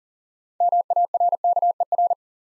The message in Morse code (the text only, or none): MARKER